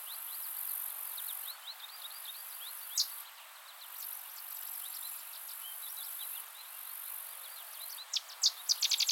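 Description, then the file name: Sedge wren song, a lone high chip and then a closing burst of dry, rapid staccato notes, over a steady bed of faint high ticking chirps. "Cistothorus stellaris - Sedge Wren"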